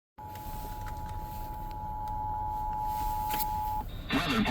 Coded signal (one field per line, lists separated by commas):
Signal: Emergency Alert System (SAME) tones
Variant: 853 and 960 Hz attention tone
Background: speech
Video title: EAS Tornado Warning NWS Pittsburgh heard on WRRK Braddock